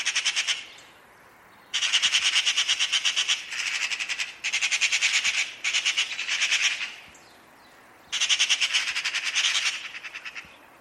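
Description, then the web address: Bird giving harsh, buzzy squawks in rapid pulsed bursts of about one to two seconds, repeated with short gaps between them. "cianscape birddata Deverinetal 2025. Bird Only"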